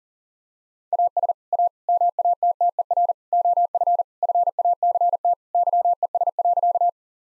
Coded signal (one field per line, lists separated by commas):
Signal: Morse code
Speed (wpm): 37 wpm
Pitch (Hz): 700 Hz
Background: none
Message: AS A MATTER OF FACT YES.